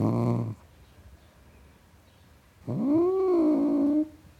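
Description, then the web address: Domestic cat growling: a short low rumble, then a rising and falling drawn-out moaning growl lasting over a second. Tom cat growling. "BBC Cats Growling"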